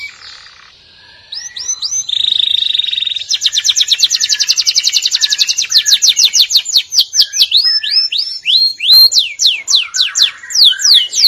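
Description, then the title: Canary singing a rich sequence: curved whistled notes, a sustained high trill, then a long rapid pulsed roll and a series of swooping descending whistles. "Kenari"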